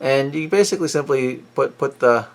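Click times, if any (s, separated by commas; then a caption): none. Someone talks while handling a replacement transparent plastic disc tip for an Adonit Jot Pro stylus, about to push it onto the ball end of the stylus. Nothing has seated or snapped into place yet.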